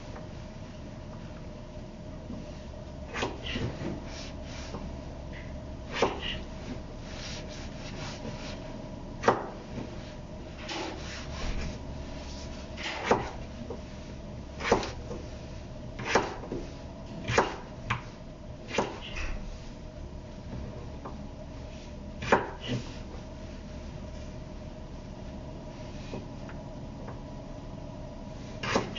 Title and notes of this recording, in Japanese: 野菜を切る。カレーを作っている途中で野菜を切っている音